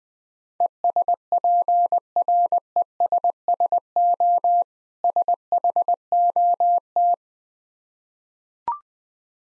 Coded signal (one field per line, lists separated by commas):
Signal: Morse code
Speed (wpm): 20 wpm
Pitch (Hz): 700 Hz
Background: none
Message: ESPRESSO SHOT